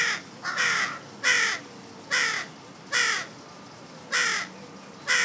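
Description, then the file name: Carrion crow giving harsh, rasping caws, about six in a series. "Corvus corone"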